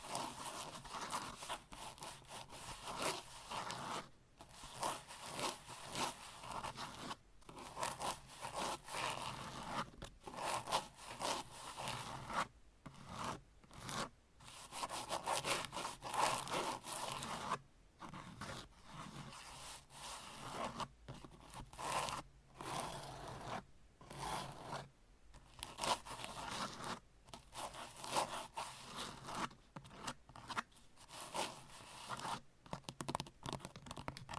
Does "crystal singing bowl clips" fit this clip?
no